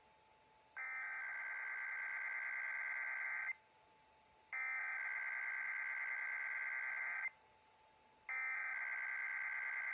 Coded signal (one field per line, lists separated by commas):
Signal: Emergency Alert System (SAME) tones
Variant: header bursts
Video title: Sacramento-Sierra EAS Required Monthly Test #emergencyalertsystem #weather #radio #shorts #eas